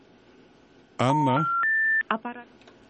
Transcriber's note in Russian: гудки